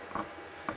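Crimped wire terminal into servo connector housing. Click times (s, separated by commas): 0.1 s, 0.7 s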